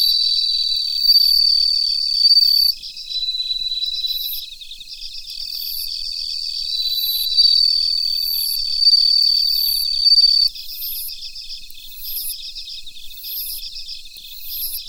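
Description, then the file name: Bell cricket giving repeated sweeping high rings every second or two across the recording, above a dense pulsing insect background and a steady whine. "Suzumushi Mitsukado"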